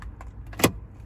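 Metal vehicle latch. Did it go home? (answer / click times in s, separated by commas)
released / 0.6 s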